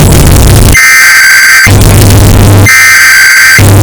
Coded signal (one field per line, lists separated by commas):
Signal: Emergency Alert System (SAME) tones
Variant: header bursts